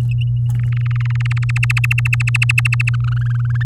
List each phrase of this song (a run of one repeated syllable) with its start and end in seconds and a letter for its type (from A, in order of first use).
0.55-1.17 A, 1.20-2.96 B, 3.00-3.63 C